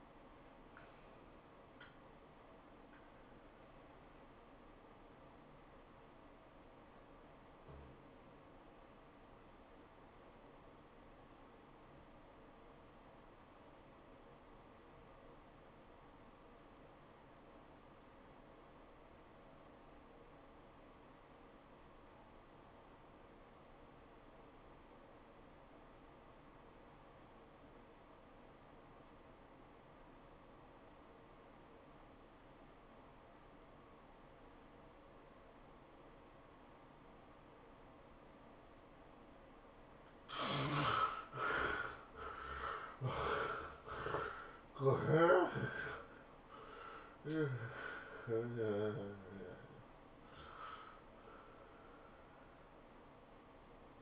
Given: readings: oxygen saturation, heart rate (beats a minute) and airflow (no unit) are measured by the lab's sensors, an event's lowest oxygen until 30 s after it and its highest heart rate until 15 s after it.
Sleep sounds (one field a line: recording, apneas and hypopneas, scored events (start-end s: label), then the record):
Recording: breathing in sleep by a voice recorder at the bedside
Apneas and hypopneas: 1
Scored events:
5.00-40.20 s: obstructive apnea (REM, oxygen 94% highest, then 58% lowest, heart rate 108 at the start, 115 highest)
From the record:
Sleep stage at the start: REM sleep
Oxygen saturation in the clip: 59 to 94%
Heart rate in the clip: 64 to 115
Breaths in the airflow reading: 6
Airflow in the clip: -22.7 to 12.5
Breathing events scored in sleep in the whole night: 403 in 5.5 hours asleep